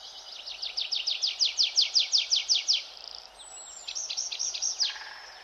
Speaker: Natomiast posłuchajcie sobie świergotka drzewnego.